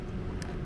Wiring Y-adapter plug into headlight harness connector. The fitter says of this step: push it into you hear the click